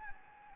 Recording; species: mosquito wingbeat signal from an infrared sensor; Anopheles gambiae